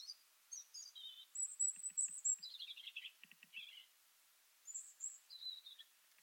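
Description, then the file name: European robin singing softly: high thin notes and short warbled phrases over a hissing background, with faint low clicks. "Erithacus rubecula"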